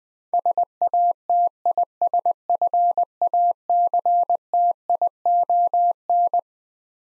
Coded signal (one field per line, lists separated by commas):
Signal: Morse code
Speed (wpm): 21 wpm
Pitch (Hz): 700 Hz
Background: none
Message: SATISFACTION